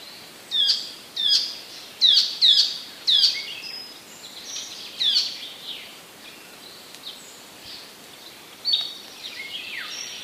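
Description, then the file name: Icterine warbler song with spaced sharp downslurred notes and short whistles, irregular pauses between bursts, and a scratchy phrase near the end. Recorded in 2015. "zaganiacz 2015"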